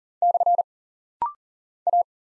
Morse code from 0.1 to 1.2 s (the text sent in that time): /